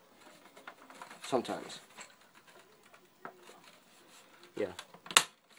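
A plastic case shell is pushed together onto an Xbox 360 game console while someone talks, with scattered light handling clicks and rustles along the way. A sharp, loud snap at 5.2 s marks the shell's clips engaging, and the shell is seated.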